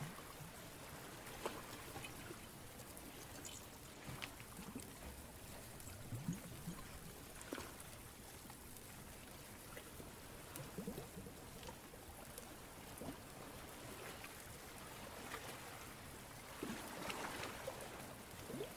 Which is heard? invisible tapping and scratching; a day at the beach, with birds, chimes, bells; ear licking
a day at the beach, with birds, chimes, bells